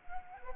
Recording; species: mosquito wingbeat signal from an infrared sensor; Anopheles gambiae